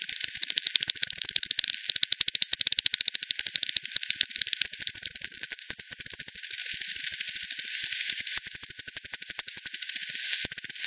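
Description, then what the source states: Bat pulses in a fast steady ticking rhythm throughout, with brief dense rattles mixed in. Multiple bats at Hogsmill River, Hogsmill Lane, 7 October 2020, 18:10 UTC; recorded through a frequency-division bat detector (divide by ten), band-pass filtered and resampled.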